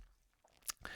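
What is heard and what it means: A folding clasp on a steel watch bracelet is caught so that it flicks open, its two hooks releasing from the bar, which shows the weakness of this clasp style. After a quiet start, sharp clicks sound at 0.7 s and 0.8 s as the hooks come off and the clasp is released.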